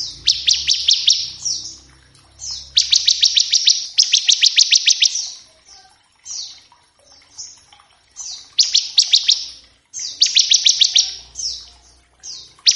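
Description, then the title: Bar-winged prinia song in rapid, high, ticking series of sharp notes, bursts repeating every one to three seconds with short gaps between. Lure and tutor recording to draw a bar-winged prinia into singing; ngebren song with variations. "Ciblek ngebren variasi masteran & pancingan ciblek"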